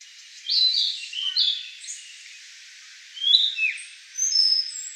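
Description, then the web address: Blue-and-white flycatcher song: bright whistled phrases of quick sliding notes, delivered in several short bursts separated by pauses, over a steady faint hiss. Recorded on 14 April 2015. "birdenaga ooruri"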